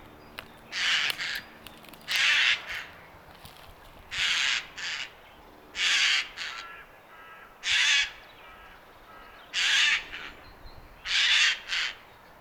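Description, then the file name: Eurasian jay screeches: seven harsh, raspy bursts, evenly spaced over a quiet background. "Garrulus glandarius"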